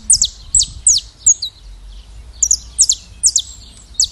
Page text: CANÁRIO TERRA (Sicalis Flaveola)